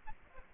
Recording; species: mosquito wingbeat signal from an infrared sensor; Aedes albopictus